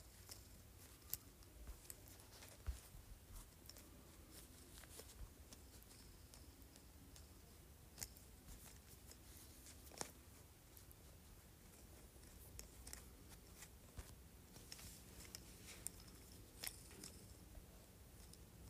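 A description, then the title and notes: A jade roller is worked in a steady, low rumbling hum, with faint rolling and scraping textures throughout. Sharp little clicks and taps cut in irregularly every second or two, a few louder around 1, 10 and 17 seconds, over a constant low murmur. ASMR Jade Roller.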